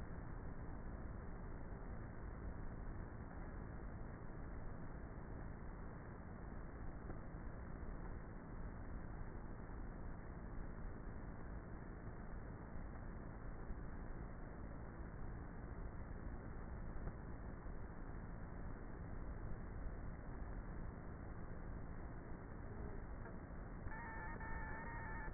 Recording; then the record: honeybee colony, microphone inside the hive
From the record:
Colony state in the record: queenless with a low population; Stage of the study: before two queens were removed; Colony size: about 30,000 bees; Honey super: no